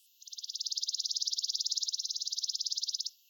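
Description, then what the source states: Chipping sparrow giving a dry, rapid, even trill of high clipped notes lasting nearly three seconds, with no other sounds. Vocalizations.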